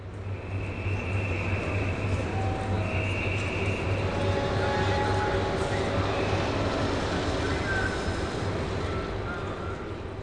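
A train carrying cars, with their drivers sitting inside them, runs through a tunnel toward Calais in a steady, unbroken roar, with a deep droning hum underneath and faint high-pitched whines drifting in and out over the rumble.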